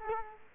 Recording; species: mosquito wingbeat signal from an infrared sensor; Culex quinquefasciatus